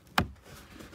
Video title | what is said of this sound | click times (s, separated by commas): TESLA Model 3 LED Light Upgrade installlation - RPM TESLA | And then we're gonna put it back in, snaps back into place. | 0.2 s